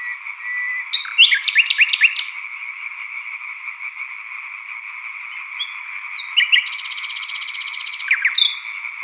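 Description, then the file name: European tree frog chorus, a dense continuous rattling croak throughout, overlaid by a bird's loud bursts of repeated whistled and trilled notes. Chorus of green tree frogs with a nightingale singing solo, recorded at Sattenay, title dated 140418. "solo-de-rossignol-choeur-de-rainettes-vertes-foulques-Sattenay-140418"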